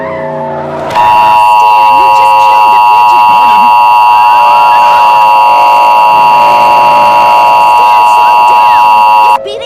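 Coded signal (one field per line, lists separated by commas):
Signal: Emergency Alert System (SAME) tones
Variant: 853 and 960 Hz attention tone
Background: speech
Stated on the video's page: Fictional EAS mock-up about a Columbus tornado catastrophe.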